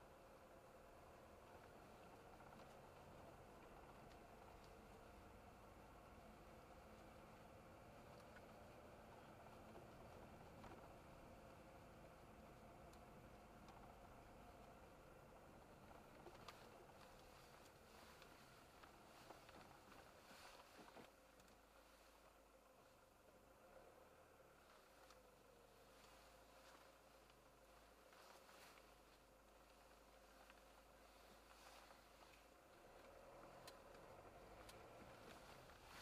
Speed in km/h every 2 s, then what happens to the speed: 21, 21, 23, 25, 24, 23, 22, 19, 15, 9, 0, 0, 0, 0, 0, 0, 11, 13.
0-13 steady at about 23. 13-19 brakes to 0. 19-31 standing. 31-34 pulls away to 13.